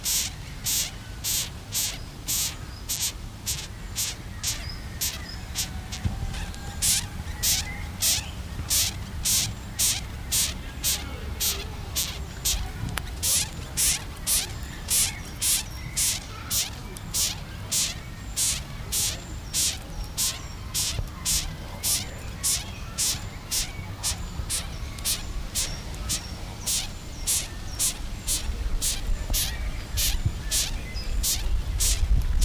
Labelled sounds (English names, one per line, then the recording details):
Cerambyx Longicorn stridulation
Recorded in captivity
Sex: female
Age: imago
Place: Schloßpark Niederschönhausen, Berlin, DE
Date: 1997-07-05 18:39
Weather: 21°C, sonnig
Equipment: Sony MD-WM MZ-R3, Sennheiser MKH 416 T, Kopie Uher 4000 Report Monitor
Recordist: Tembrock, Günter